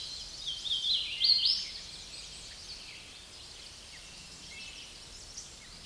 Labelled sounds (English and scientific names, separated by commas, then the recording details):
Hooded Warbler (Setophaga citrina) song
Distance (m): 20 m
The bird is about 10 m above the microphone
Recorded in a Pennsylvania forest on 16 May 2024 at 07:22
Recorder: AudioMoth, point MSD-0215
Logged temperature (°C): 16.1 °C
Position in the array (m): 27 m, 140 m